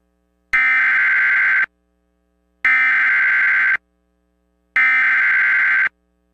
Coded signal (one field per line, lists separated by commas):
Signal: Emergency Alert System (SAME) tones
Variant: header bursts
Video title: EAS MOCK 1 FLASH FLOOD WARNING FOR ABBEVILLE SC AND GREENWOOD SC